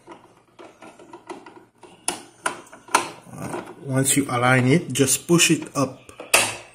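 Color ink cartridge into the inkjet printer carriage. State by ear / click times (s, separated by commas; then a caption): seated / 6.3 s. A color ink cartridge is lined up in the carriage of a Canon Pixma IP1300 inkjet printer and pushed up until it locks, while someone talks. Light taps and a few sharp knocks come first, then a loud click at 6.3 s. The click shows the cartridge is seated, connected and secured.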